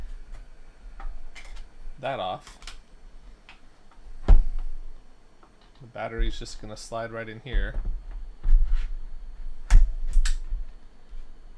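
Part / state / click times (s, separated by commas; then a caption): battery pack into a 3D scanner battery bay / seated / 10.3 s. A rechargeable battery pack is slid into the battery bay of a Realsee Galois 3D scanner after the bay cover is removed, while someone talks. Scattered light clicks and handling taps are heard, then a sharp click at 10.3 s as the battery seats in place.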